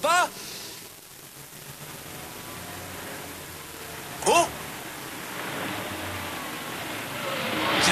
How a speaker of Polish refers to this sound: Nadjeżdża jakiś samochód.